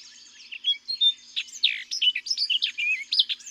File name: Orchard Oriole